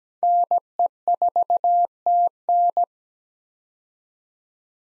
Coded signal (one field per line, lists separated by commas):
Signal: Morse code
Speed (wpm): 17 wpm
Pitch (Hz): 700 Hz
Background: none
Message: NE4TN